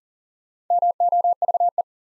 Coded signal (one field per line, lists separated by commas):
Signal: Morse code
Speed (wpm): 40 wpm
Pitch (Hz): 700 Hz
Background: none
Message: MOVE